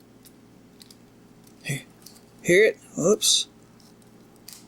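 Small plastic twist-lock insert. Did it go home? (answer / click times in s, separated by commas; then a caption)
yes / 4.5 s. A plastic skin is placed inside the metal body half of a Hyper Cluster yo-yo from a starter set and twisted, with faint ticks and light scraping while someone talks. A sharp click at 4.5 s marks the skin seating into place in the body half.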